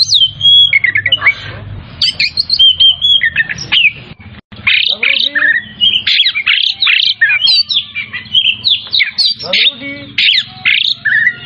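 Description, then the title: Oriental magpie-robin singing continuously: dense, loud run of sharp chirps, scratchy notes and quick rising and falling whistles, barely pausing, with low background hum. Singing vigorously, in the style called gacor; from Tretes. "Kacer Tretes"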